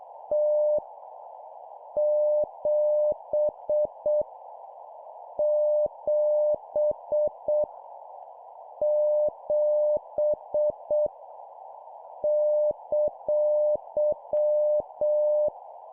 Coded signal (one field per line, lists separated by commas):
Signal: Morse code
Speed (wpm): 7 wpm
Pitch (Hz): 600 Hz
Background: none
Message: T 7 7 7 !